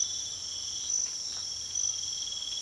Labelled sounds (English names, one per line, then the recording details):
none
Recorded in pastures near Puerto Asís, Putumayo, Colombia, on 24 March 2025 at 04:30
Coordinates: 0.487, -76.322
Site G077